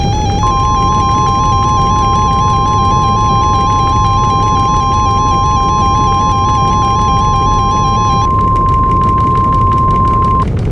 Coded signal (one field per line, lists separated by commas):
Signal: Emergency Alert System (SAME) tones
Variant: 1050 Hz attention tone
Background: music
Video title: Mortal Kombat An EAS Scenario